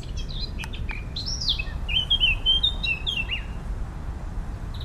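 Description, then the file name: Eurasian blackcap song: a quick scratchy twitter breaking into loud, clear whistled notes, with constant low background noise. "Sylvia atricapilla"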